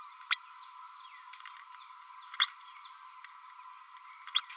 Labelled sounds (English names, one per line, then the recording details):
Green-rumped Parrotlet babbling
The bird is a female
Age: 31 days
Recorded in a nest box in Venezuela
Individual 17B32A7